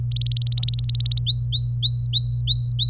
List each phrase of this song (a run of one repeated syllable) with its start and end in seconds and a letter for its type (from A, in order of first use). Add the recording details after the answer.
0.12-1.20 A, 1.26-2.89 B. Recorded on 26 April 2018 at 10:23. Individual llb3